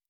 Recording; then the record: hydrophone in a shrimp aquaculture tank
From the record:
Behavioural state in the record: normal